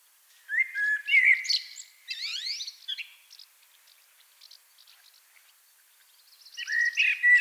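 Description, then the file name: Common blackbird singing a fluted, mellow phrase that breaks into a thin, scratchy twitter. A second phrase starts after a few seconds of near silence. "Turdus merula"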